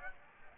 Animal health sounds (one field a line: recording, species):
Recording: mosquito wingbeat signal from an infrared sensor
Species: Aedes aegypti